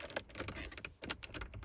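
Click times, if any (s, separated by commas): none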